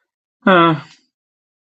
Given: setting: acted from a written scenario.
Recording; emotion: vocal sound without words; neutral